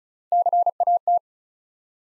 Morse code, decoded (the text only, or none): CAT